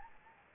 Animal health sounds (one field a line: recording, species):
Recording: mosquito wingbeat signal from an infrared sensor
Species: Anopheles gambiae